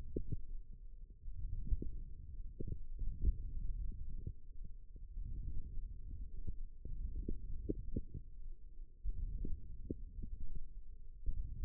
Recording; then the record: forearm muscle sounds (acoustic myography)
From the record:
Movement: hook grip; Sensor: system 1, eight BSWA MPA416 microphones around the upper forearm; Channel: 2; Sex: male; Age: 18 years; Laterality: right